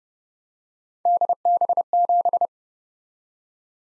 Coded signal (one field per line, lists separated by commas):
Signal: Morse code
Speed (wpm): 29 wpm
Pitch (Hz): 700 Hz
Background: none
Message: DB7